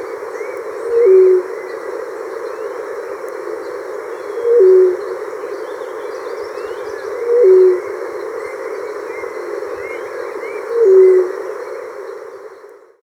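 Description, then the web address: White-throated quail-dove call: a low, hollow hoot repeated four times, every few seconds, each note brief with a slight downward slur, over steady hiss. Recorded in Ecuador. "Birds of Ecuador. White-Throated Quail-Dove"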